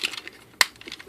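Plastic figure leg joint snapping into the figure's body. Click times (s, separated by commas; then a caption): 0.6 s. The plastic leg joint of a 2015 Transformers Combiner Wars Leader Class Armada Megatron action figure is unclipped, rotated and snapped into the figure's body during transformation. Light plastic clicks are heard around 0.1 s and 1.1 s, with the loudest sharp snap at 0.6 s. The leg seats into place at 0.6 s.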